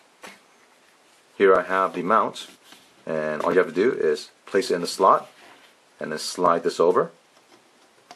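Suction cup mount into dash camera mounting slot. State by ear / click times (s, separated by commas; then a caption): seated / 8.1 s. Someone talks while placing a plastic suction-cup mount into the slot on top of an MG288 1080P Super Capacitor car dash DVR camera and sliding it over. A single short tick at 8.1 s marks the mount locking in place.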